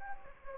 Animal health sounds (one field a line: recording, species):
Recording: mosquito wingbeat signal from an infrared sensor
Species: Anopheles gambiae